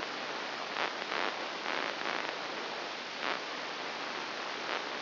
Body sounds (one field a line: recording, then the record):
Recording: brain microelectrode recording played as sound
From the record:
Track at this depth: inside the subthalamic nucleus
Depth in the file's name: 3.202 mm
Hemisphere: right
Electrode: 3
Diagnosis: Parkinson's disease